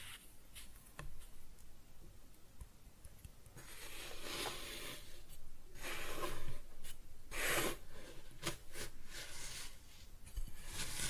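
Kinetic sand is cut and scooped in soft, grainy strokes. The first few seconds are quiet with a few light taps, then from about four seconds the scraping grows denser and louder, with bright, hissy swipes near 7.5 seconds and several sharper ticks toward the end.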